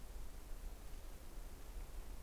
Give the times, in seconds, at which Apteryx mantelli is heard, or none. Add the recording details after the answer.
none. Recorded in New Zealand on 21 November 2014. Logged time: 01:28. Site CL78